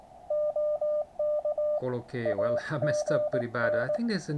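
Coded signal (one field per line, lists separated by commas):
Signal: Morse code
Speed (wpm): 19 wpm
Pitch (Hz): 600 Hz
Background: speech, radio noise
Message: OK AGN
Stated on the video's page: Morse from a QRP Labs QCX kit transceiver on 80m, outputting a few watts.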